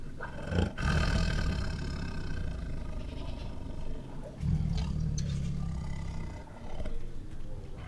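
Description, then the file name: White tiger growling, deep rumbling snarls with a loud burst near one second and another long growl from about four and a half to six seconds. White tiger at a zoo, making angry growls, snarls, snores and roars. "White Tiger at Zoo Makes Angry Growls, Snarls, Snores and Roars [Sound Ideas]"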